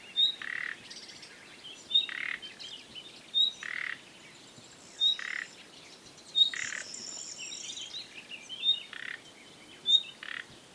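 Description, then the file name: Common nightingale giving a high whistled note, each followed by a brief grating rasp, repeated roughly every one to two seconds over a steady insect-like hiss and other faint chirps. "Luscinia megarhynchos"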